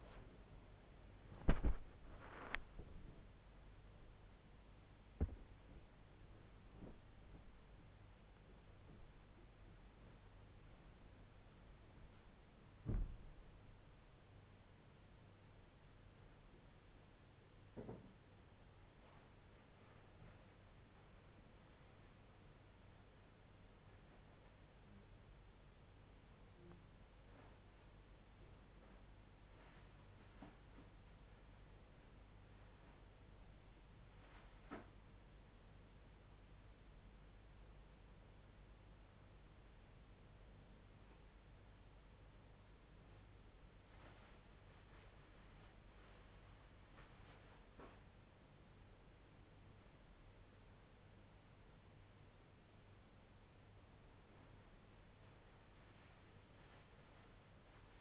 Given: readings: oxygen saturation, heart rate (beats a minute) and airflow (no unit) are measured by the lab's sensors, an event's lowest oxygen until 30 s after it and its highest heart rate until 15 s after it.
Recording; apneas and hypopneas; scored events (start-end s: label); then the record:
a person awake in a sleep study, by a voice recorder at the bedside; none
none scored
From the record:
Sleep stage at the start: awake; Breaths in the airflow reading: 21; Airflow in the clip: -0.6 to 0.8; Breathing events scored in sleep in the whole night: 158 in 7.3 hours asleep